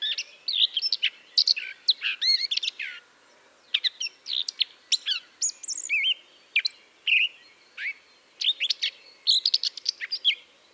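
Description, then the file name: Eurasian blackcap giving a rapid, varied warble of chirps, slurred whistles and scratchy notes, in phrases broken by short silences. "Sylvia atricapilla"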